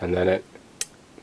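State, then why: Seated. Someone talks as the blade of a CRKT Nirk Tighe folding knife is rotated fully open. A small pin drops into a notch at 0.8 s with a single sharp metal click, and the blade locks in place.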